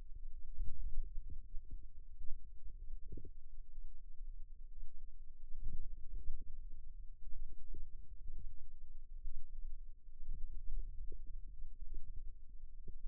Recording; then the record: forearm muscle sounds (acoustic myography)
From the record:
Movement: wrist flexion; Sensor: system 2, bracelet of six BSWA MPA416 microphones around the upper forearm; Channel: 5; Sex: female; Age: 22 years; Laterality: right